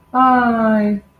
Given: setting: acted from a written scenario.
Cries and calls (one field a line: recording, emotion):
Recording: vocal sound without words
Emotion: adoration